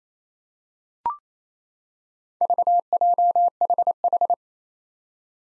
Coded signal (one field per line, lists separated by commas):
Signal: Morse code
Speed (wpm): 28 wpm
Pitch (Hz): 700 Hz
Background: none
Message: VJHH